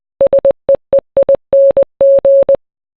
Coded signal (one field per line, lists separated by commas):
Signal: Morse code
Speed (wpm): 20 wpm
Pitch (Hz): 550 Hz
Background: none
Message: SEEING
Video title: Drake - Passionfruit (MORSE CODE VERSION)